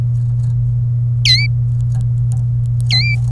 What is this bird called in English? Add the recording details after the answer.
Domestic Canary. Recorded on 27 April 2018 at 12:25. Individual llb3